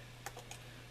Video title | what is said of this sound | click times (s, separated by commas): Installing Lights in a KATO Caboose | snaps back snaps | 0.3 s, 0.5 s